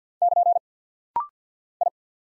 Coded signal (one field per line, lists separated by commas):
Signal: Morse code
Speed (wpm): 48 wpm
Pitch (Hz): 700 Hz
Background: none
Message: <KN> I